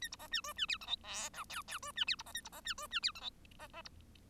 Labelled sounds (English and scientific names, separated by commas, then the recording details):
Bengalese Finch (Lonchura striata domestica) song
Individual Bird1